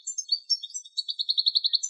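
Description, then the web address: European goldfinch calls, a tinkling twitter of quick high notes, running into a fast even series of chirps near the end. "Carduelis carduelis"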